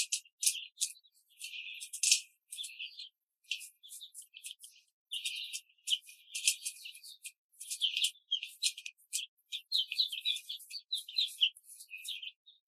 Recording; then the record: young laying hens in a cage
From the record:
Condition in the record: control cage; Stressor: none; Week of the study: 5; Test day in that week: 1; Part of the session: 1